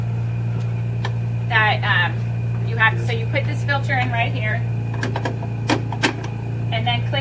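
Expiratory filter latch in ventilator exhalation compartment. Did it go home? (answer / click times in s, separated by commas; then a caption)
yes / 5.7 s. An expiratory filter sits in the exhalation compartment of a PB 840 ventilator while someone talks over a steady low hum. At 5.7 s the small blue plastic latch is pushed down and clicks into place, locking the filter in so the ventilator will work.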